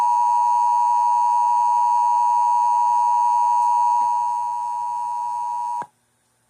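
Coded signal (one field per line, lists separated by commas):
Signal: Emergency Alert System (SAME) tones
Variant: 853 and 960 Hz attention tone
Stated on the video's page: Severe thunderstorm warning alert received on an FM radio station.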